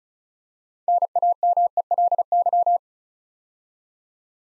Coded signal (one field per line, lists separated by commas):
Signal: Morse code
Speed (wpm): 36 wpm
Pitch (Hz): 700 Hz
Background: none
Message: NAMELY